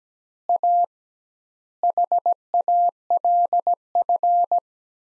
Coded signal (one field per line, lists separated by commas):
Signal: Morse code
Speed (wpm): 17 wpm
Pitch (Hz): 700 Hz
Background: none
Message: A HALF